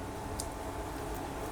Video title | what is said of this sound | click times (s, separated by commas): 3 JENIS STRAP UNTUK HUAWEI BAND 11 PRO ! #RAMEN | udah kita tekan aja pokoknya pasin aja di lubangnya sampai bunyi klik | 0.4 s